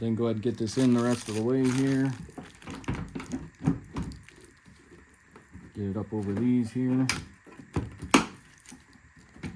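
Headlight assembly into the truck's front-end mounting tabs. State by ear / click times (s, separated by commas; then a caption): seated / 8.1 s. Someone talks while a new Nilight headlight assembly is pushed up over the mounting tabs on the front end of a 2007–2013 Toyota Tundra, with scattered handling clicks and rustles along the way. At 8.1 s it snaps home with one sharp plastic click, and the headlight assembly is seated.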